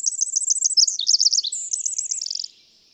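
Bird song, a rapid high-pitched twittering run of varied chirps and trills that ends in a quick trill before falling silent.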